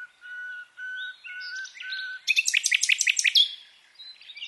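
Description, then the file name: Common nightingale song opening with four long, pure, low whistles, then a fast, loud series of sharp repeated notes and a brief high flourish. "Luscinia megarhynchos"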